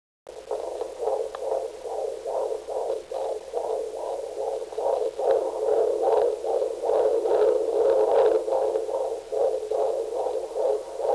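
A child's heartbeat.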